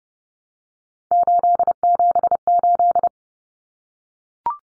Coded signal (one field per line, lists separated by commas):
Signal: Morse code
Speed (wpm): 30 wpm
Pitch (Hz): 700 Hz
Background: none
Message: 878